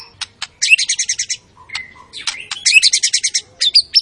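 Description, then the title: White-rumped shama song made of quick high trills, clicks and short whistled slurs in two main bursts, with brief quiet between them. Lure sound of an energetic white-rumped shama singing its full repertoire, meant to stir up other shamas. "PANCINGAN MURAI BATU. MURAI GACOR SUPER EDAN SEMUA MATERI DI KELUARIN COCOK BUAT DONGKRAK EMOSI. SHAMA BIRD"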